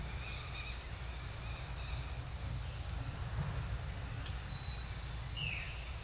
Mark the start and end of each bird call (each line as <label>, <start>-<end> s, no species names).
bird call, 0.08-2.15 s
bird call, 5.31-6.04 s